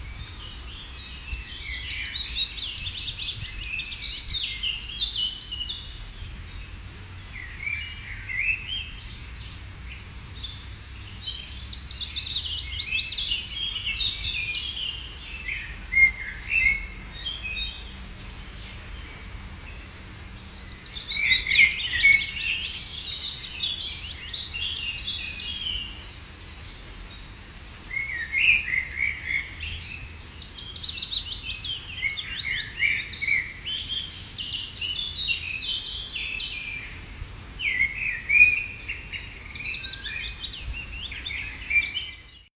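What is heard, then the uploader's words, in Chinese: Clear birdsong in a Norwegian forest, bright twittering phrases coming in bursts every few seconds over a soft, low rumble of noise. 来自挪威森林的鸟叫声，相当清澈。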